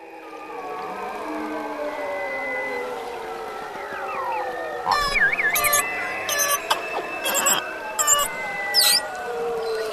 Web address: beluga whale